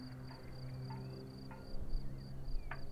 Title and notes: Unnamed Road, 79235 Vogtsburg im Kaiserstuhl, Deutschland - Grillen zirpen. Zirpen der Grillen. Motorenlärm eines Kleinflugzeugs